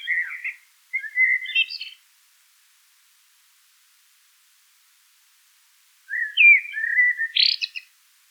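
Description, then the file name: Common blackbird delivering two song phrases separated by a long silence, each mixing low flute-like whistles with a thin, high, scratchy twitter at the end. "Turdus merula"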